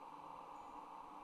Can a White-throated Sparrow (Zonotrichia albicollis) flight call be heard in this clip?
no